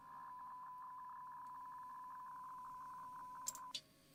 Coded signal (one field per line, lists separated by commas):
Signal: PSK63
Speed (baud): 62.5 baud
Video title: M0KNM - RSGB 3.5MHz Club Championship Data Contests Livestream 11/02/26